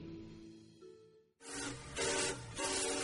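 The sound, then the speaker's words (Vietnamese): Soft tonal music fades out, then a loud, steady rumble of a train's iron wheels rolling on rails takes over, surging in broad, rushing waves. “Rồi trên chuyến tàu về quê cuối năm, trong âm thanh sình sịch đều đặn của những chiếc bánh sắt lăn tròn trên đường sắt,”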